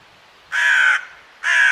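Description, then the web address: Bird uttering two loud, rasping caws about a second apart in otherwise quiet surroundings. "cianscape. Deverinetal 2025. Bird Only"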